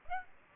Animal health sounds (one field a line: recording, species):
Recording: mosquito wingbeat signal from an infrared sensor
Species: Aedes aegypti